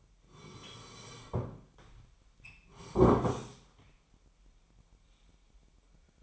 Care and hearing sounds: daily activity, microphone in the room; sit down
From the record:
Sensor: 1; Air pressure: 998.6 hPa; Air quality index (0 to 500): 117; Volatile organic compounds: 3 ppm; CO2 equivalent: 1402 ppm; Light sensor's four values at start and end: 7/17/7/8 and 7/17/7/8

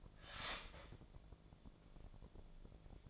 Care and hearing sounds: daily activity, microphone in the room; start toaster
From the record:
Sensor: 5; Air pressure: 1000.3 hPa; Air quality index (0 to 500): 122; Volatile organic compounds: 1 ppm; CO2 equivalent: 971 ppm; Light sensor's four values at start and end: 86/201/86/93 and 86/202/86/93

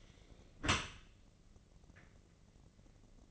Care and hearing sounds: daily activity, microphone in the room; close dishwasher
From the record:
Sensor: 4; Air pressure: 1013.2 hPa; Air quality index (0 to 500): 173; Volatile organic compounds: 2 ppm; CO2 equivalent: 1090 ppm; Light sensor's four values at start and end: 82/202/84/86 and 82/202/84/86

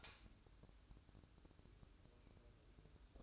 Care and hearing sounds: daily activity, microphone in the room; light on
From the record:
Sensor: 2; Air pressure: 1007.7 hPa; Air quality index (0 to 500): 83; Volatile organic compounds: 1 ppm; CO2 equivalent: 655 ppm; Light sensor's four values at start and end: 7/16/7/7 and 12/36/14/14

